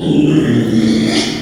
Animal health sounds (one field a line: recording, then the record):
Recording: squeal of a Yucatan mini pig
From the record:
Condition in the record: after surgery on the right vocal fold (resection and tissue-engineered implant)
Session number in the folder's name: 2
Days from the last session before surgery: 13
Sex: male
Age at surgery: 12 weeks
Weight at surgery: 13 kg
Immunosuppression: cyclosporine, prednisolone